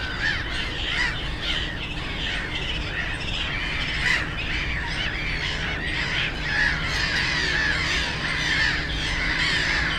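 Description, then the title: Black-headed gulls in a noisy flock, many harsh rasping calls overlapping continuously, over a constant low background hum. Many black-headed gulls, the loudest birds at Frog Ponds nature complex on former coal-mining ponds, Bytom, Poland; nearby DK79 road and railway noise; recorded with Zoom F4 and AT BP4025. "Żabie Doły, Bytom, Polska - Black-headed gulls at Frog Ponds complex"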